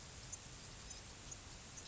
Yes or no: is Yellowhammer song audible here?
no